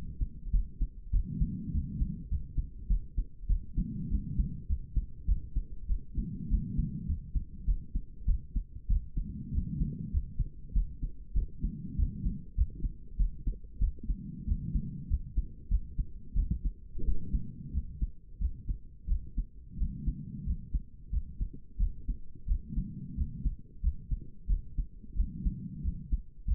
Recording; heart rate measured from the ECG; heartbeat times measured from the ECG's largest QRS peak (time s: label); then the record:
heart sounds by stethoscope; 95 bpm
0.52 s: heartbeat
1.12 s: heartbeat
1.73 s: heartbeat
2.30 s: heartbeat
2.89 s: heartbeat
3.48 s: heartbeat
4.10 s: heartbeat
4.68 s: heartbeat
5.27 s: heartbeat
5.88 s: heartbeat
6.50 s: heartbeat
7.08 s: heartbeat
7.67 s: heartbeat
8.27 s: heartbeat
8.89 s: heartbeat
9.53 s: heartbeat
10.12 s: heartbeat
10.74 s: heartbeat
11.35 s: heartbeat
11.97 s: heartbeat
12.56 s: heartbeat
13.18 s: heartbeat
13.80 s: heartbeat
14.46 s: heartbeat
15.09 s: heartbeat
15.70 s: heartbeat
16.35 s: heartbeat
17.04 s: heartbeat
17.73 s: heartbeat
18.40 s: heartbeat
19.08 s: heartbeat
19.78 s: heartbeat
20.46 s: heartbeat
21.11 s: heartbeat
21.79 s: heartbeat
22.47 s: heartbeat
23.17 s: heartbeat
23.82 s: heartbeat
24.48 s: heartbeat
25.16 s: heartbeat
25.83 s: heartbeat
26.46 s: heartbeat
From the record:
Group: healthy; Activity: rest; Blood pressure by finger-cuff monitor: 110/65 mmHg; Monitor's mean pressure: 79 mmHg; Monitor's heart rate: 96 bpm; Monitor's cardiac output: 8 L/min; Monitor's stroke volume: 84 mL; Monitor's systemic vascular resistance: 720 dyn s/cm5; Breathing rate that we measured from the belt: 23 breaths a minute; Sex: female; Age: 22 years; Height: 163 cm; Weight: 67.1 kg